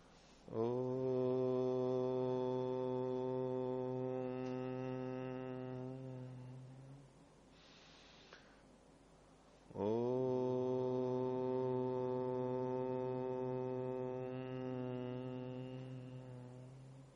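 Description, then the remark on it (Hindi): Two long, sustained Om (pranava) chants in a steady low voice, each a rich harmonic drone of about six to seven seconds, separated by a short breath-like pause, closing a lesson on Mimansa Darshan. “तो आज का पाठ इतना ही रखते हैं, प्रणव ध्वनि।”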